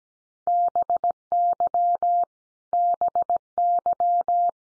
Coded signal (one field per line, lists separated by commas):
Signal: Morse code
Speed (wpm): 17 wpm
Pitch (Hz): 700 Hz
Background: none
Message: BY BY